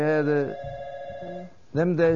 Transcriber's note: a telephone rings